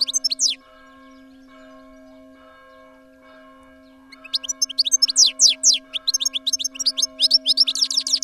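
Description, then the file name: European goldfinch song, a brief burst then a long rapid tumble of twittering, buzzy descending notes, over a steady low electrical hum. "tengelic"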